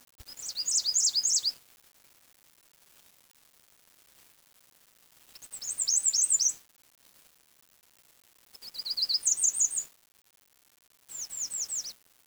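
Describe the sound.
Bird calls: four short bursts of high, rapid chirping notes, each lasting about a second, separated by quiet gaps.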